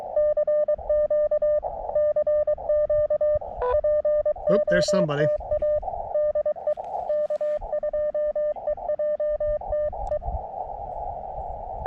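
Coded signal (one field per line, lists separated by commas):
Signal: Morse code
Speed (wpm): 23 wpm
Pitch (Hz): 600 Hz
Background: speech, radio noise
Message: CQ CQ POTA DE K2EJT E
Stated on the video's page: CW Parks On The Air activation using an Elecraft KX2 with AX1 antenna on a tripod.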